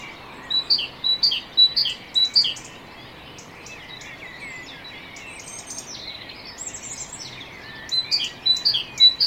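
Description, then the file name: Great tit song, a bout of two-note whistled phrases, then a pause filled with other birds' high twittering, then the phrases resume near the end. "Parus major"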